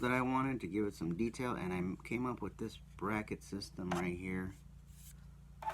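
A custom styrene roof rack is handled at a bracket system on a toy vehicle's roof, where it is meant to slide in and lock in place. Someone talks throughout, with faint handling noise between phrases. Nothing has seated or clicked yet.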